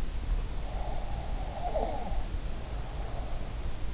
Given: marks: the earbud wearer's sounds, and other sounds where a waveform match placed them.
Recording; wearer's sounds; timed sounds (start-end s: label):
sounds in sleep by an in-ear microphone; breath
0.74-3.34 s: breath